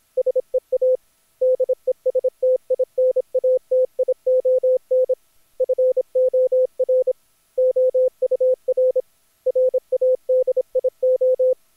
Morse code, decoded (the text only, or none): SEA DESTINATION FOR OUR RADIO